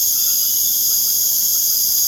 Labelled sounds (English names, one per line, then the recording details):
none
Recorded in pastures near Puerto Asís, Putumayo, Colombia, on 30 June 2025 at 19:00
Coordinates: 0.496, -76.326
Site GP01